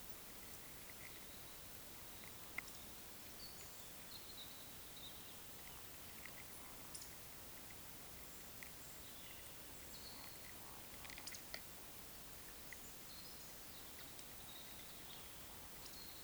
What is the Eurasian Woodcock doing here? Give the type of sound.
whistle, croak